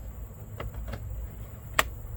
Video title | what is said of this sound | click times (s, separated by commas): 1996 Honda Civic Ignition Part 2 | you hear it click. | 1.8 s